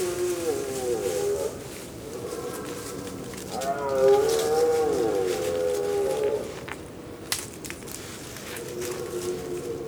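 A family of wild boars, a sow with her young, approaching along a game trail, grunts and squeals in a few drawn-out bursts, with wavering, nasal tones rising and falling over a steady rustle and occasional sharp crackles.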